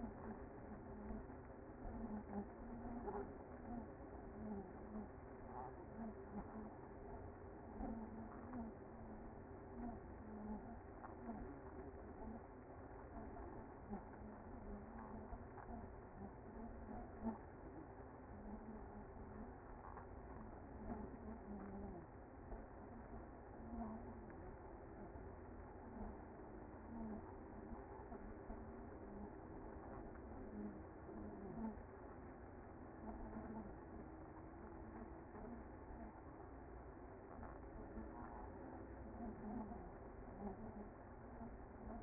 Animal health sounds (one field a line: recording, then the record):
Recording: honeybee colony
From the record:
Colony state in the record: active